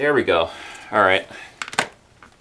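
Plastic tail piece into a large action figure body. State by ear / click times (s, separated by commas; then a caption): seated / 1.8 s. Someone talks as a plastic piece, apparently the tail, of a large Godzilla 2014 Giant action figure by Jakks Pacific is turned and pushed onto the figure's body. A few small plastic ticks lead into a sharp click at 1.8 s as the piece locks into place, seated.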